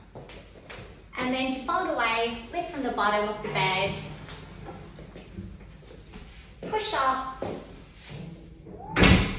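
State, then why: Not seated. A fold-away wall bed is lifted from the bottom and pushed up into its cabinet while someone talks, with a few faint taps near the start and a single thud-like hit at about 9.0 s ending the stretch. The supporting bracket at the top of the cabinet has not yet clicked into place; nothing has seated.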